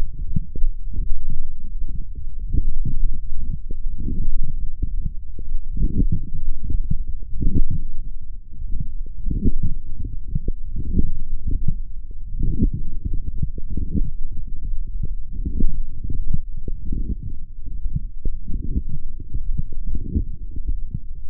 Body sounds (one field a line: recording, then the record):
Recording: forearm muscle sounds (acoustic myography)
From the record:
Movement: forearm supination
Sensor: system 1, eight BSWA MPA416 microphones around the upper forearm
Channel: 8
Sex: male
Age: 21 years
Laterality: right